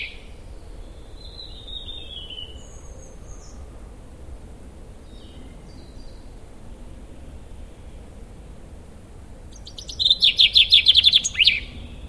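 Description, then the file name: Common chaffinch song: a single bright, rapid trill of repeated notes near the end, after a long quiet stretch with faint high calls. "Fringilla coelebs"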